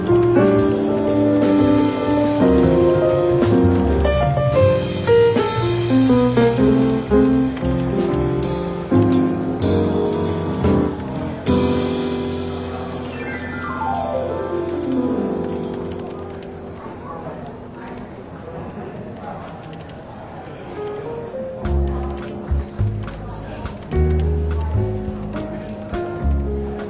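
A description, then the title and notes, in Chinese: Relaxed jazz plays in a bookshop café, with a steady walking bass under a soft melody and a slow falling run around the middle. Light clinks and a faint murmur of voices drift through, and the bass turns choppier near the end. 伦敦书店咖啡馆轻微喧闹氛围与柔和轻松的爵士背景音乐。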